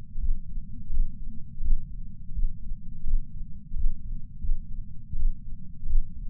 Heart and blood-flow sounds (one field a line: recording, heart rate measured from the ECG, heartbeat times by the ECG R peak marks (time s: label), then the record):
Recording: heart sounds by patch sensor on the chest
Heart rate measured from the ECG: 85 bpm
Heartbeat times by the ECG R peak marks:
0.18 s: heartbeat
0.90 s: heartbeat
1.60 s: heartbeat
2.32 s: heartbeat
3.03 s: heartbeat
3.74 s: heartbeat
4.39 s: heartbeat
5.15 s: heartbeat
5.86 s: heartbeat
From the record:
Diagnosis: coronary artery disease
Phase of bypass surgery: postoperative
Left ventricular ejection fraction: 60%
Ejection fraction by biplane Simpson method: 61.8%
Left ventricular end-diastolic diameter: 47 mm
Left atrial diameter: 40 mm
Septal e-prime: 4.5 cm/s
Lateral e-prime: 6.3 cm/s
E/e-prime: 20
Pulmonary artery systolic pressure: 28 mmHg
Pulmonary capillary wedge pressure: 14 mmHg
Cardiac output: 5.9 L/min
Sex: male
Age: 62 years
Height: 165 cm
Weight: 72 kg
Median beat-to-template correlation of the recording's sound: 0.87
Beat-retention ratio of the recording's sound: 1.00